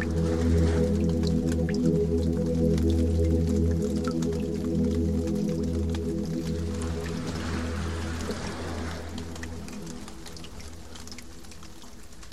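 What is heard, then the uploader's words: Rain in a rainforest, with scattered drips and taps landing irregularly over a soft hiss. A deep, steady droning hum with several layered tones runs beneath it for most of the clip, then breaks up and fades after about nine seconds. Rainforest Rain Sounds.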